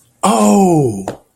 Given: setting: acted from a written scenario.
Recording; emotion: vocal sound without words; realization